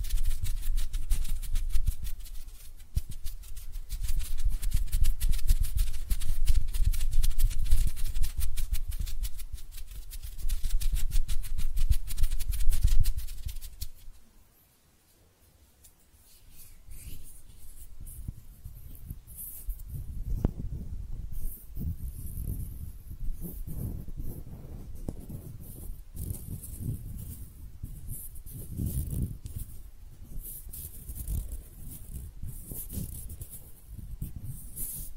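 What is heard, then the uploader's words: Dry hand sounds, first as dense, steady rubbing with crisp bright texture and low thumps for about fourteen seconds. After a brief silence, softer, sparser scratching and tapping continue, with occasional sharper clicks and light low knocks. ASMR Relaxing Hand Sounds (No Talking).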